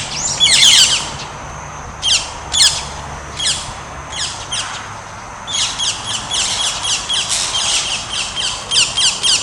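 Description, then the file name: Rose-ringed parakeet giving loud, grating squawks, first scattered with short pauses, then building into a fast, steady run of shrill screeches. Recorded on 11 July 2018. "20180711 wakakehonseiinko"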